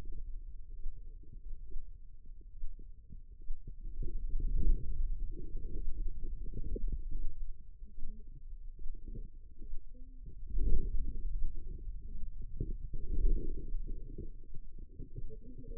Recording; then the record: forearm muscle sounds (acoustic myography)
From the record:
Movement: hand opening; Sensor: system 2, bracelet of six BSWA MPA416 microphones around the upper forearm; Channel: 4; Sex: female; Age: 25 years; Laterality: right